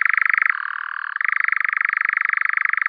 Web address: Caprimulgus europaeus